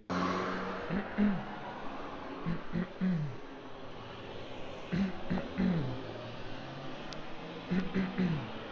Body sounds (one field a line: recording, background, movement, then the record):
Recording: throat clearing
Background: traffic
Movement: walking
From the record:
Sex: male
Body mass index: 20.5 kg/m2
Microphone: on the chest, facing outward